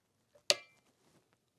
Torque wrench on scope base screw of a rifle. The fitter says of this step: so you've heard the click there so now you know you're you're sitting at that 17 inch pound so